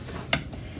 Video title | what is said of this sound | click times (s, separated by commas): Embroidered Lampshade | just push forward until we hear that click. | 0.3 s